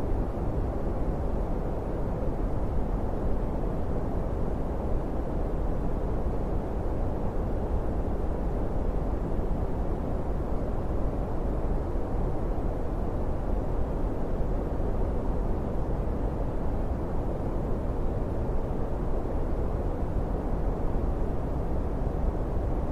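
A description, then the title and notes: Deep brown noise runs without change for the whole stretch, a dense, even rumble weighted heavily toward the low end. The top is dark and muffled, with almost nothing bright, and the level never rises or falls. Deep Brown Noise.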